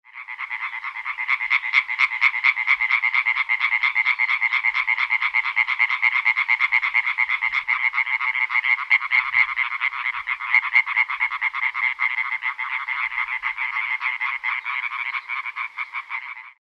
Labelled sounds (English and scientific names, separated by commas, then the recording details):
Common Tree Frog (Hyla arborea)
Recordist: Tembrock, Günter
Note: Rufreihen